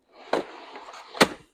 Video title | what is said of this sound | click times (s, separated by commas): Evenflo Revolve360 Slim Car Seat Review & Installation – Safe, Compact, and Easy to Use! | there you go. It locks in place for a front facing. | 0.3 s, 1.2 s